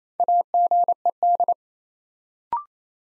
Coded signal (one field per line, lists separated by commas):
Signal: Morse code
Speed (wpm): 29 wpm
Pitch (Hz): 700 Hz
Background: none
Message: AGED